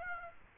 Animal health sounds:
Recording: mosquito wingbeat signal from an infrared sensor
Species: Aedes aegypti

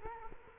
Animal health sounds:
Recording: mosquito wingbeat signal from an infrared sensor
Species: Culex quinquefasciatus

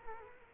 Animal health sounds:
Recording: mosquito wingbeat signal from an infrared sensor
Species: Culex quinquefasciatus

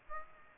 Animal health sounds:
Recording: mosquito wingbeat signal from an infrared sensor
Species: Aedes aegypti

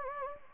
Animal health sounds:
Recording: mosquito wingbeat signal from an infrared sensor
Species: Anopheles gambiae

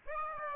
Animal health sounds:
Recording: mosquito wingbeat signal from an infrared sensor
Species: Aedes aegypti

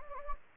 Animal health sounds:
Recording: mosquito wingbeat signal from an infrared sensor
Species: Anopheles gambiae

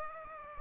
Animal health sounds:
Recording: mosquito wingbeat signal from an infrared sensor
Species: Aedes aegypti

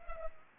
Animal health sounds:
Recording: mosquito wingbeat signal from an infrared sensor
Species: Culex pipiens

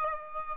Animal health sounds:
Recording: mosquito wingbeat signal from an infrared sensor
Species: Aedes aegypti

